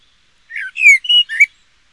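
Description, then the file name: Eurasian blackbird: four quick, squeaky slurred notes in a brief burst over a quiet background. "Turdus merula"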